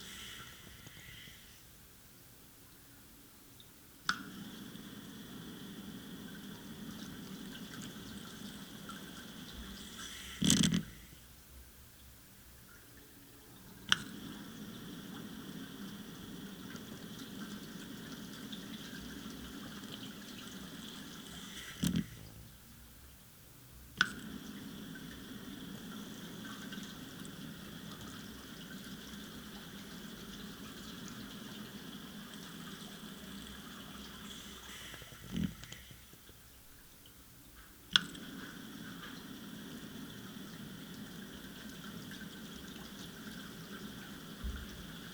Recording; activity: daily activity, guitar pickup as the sensor; flush